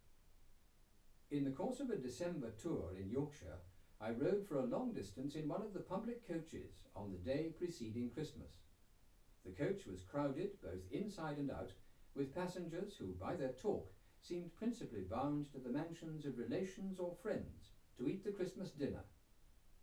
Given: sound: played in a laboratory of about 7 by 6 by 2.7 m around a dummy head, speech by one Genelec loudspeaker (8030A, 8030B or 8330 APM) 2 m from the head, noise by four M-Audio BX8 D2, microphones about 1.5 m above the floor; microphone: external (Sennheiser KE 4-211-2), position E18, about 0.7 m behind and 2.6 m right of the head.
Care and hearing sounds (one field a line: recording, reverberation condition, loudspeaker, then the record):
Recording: male speech in English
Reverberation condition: low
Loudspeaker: 30 degrees to the right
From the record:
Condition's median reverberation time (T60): about 310 ms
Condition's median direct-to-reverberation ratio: about 3.5 dB